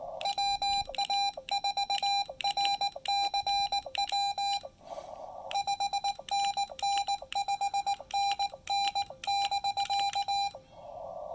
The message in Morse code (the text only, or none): WA4RCW 5NN 5NN <BK>